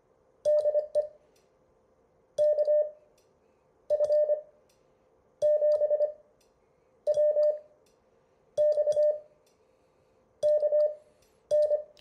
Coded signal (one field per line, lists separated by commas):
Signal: Morse code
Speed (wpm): 25 wpm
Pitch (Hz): 600 Hz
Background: none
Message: DE KF7WX KN